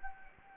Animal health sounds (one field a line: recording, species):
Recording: mosquito wingbeat signal from an infrared sensor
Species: Anopheles arabiensis